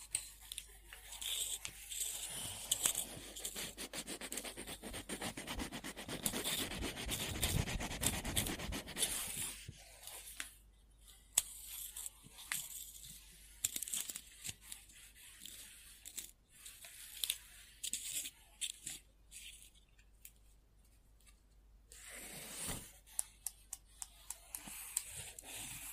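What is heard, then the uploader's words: A pen or pencil scribbles on paper, dense scratchy strokes running almost continuously through the first nine seconds. After that it breaks into short, scattered scrapes and taps separated by quiet gaps, with a brief busier burst around twenty-two seconds. Scribbling On Paper.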